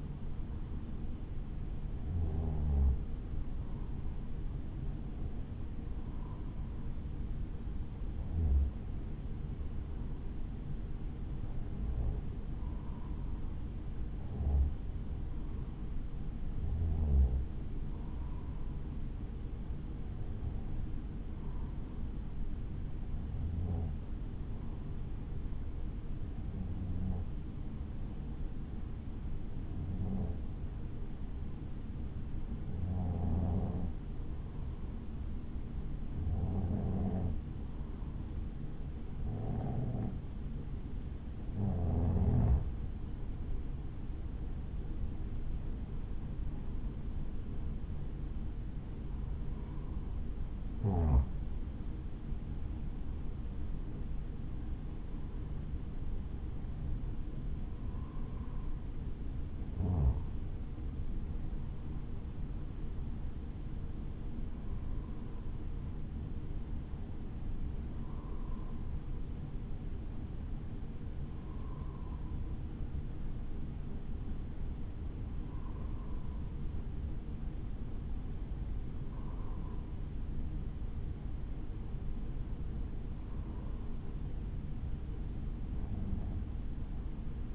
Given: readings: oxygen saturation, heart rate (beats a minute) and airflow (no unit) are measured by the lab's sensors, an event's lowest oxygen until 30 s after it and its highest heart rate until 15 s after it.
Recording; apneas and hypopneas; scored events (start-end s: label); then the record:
breathing in sleep by a smartphone at the bedside; 1
23.00-43.90 s: hypopnea (N2, oxygen 94% highest, then 92% lowest, heart rate 55 at the start, 66 highest)
35.00-87.55 s: new sleep stage, N1 (lightest sleep)
From the record:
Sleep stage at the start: N2 (light sleep); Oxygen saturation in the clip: 92 to 95%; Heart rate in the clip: 53 to 66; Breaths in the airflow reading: 27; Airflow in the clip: -3.4 to 4.5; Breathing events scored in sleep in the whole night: 216 in 7.0 hours asleep